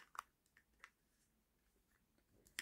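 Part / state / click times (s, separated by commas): capture gear accessory onto toy dinosaur figure / not seated / none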